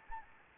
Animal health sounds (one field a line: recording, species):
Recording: mosquito wingbeat signal from an infrared sensor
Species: Anopheles gambiae